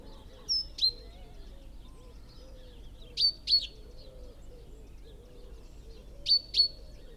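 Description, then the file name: Great tit calls: high, sharp notes sliding down, given in pairs about every three seconds, with soft lower bird sounds in the background. "Parus major"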